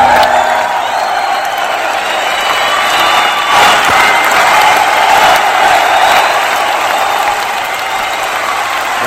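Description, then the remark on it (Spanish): A tightly packed audience applauds steadily for about nine seconds, a dense, even wash of clapping with faint cheers mixed in and no clear talking. “Fuerte, fuerte sus aplausos, por favor.”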